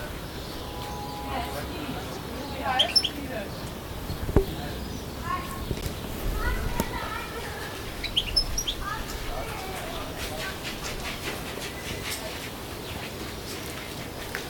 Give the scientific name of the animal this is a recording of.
Carduelis carduelis